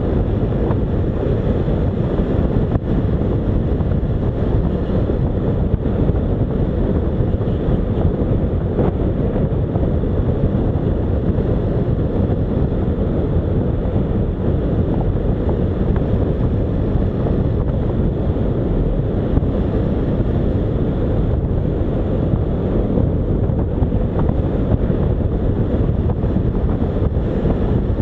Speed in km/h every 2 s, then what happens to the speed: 49, 50, 49, 48, 49, 49, 48, 50, 50, 48, 48, 48, 49, 52.
0-28 steady at about 49.